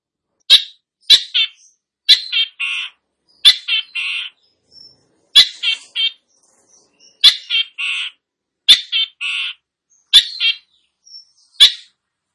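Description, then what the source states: Long-tailed shrike giving rasping, chattering phrases of several rough notes each, repeated at irregular intervals about every one to one and a half seconds. Described as gacor, singing vigorously and often.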